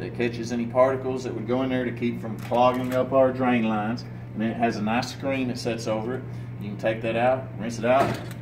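Someone talks while handling a dishwasher's filter and its fine mesh filter screen, which fits over the filter housing to catch particles and keep the drain lines from clogging. There is a steady low hum under the talk, with no distinct clicks. Nothing has seated or clicked yet; the screen has not been snapped back into place.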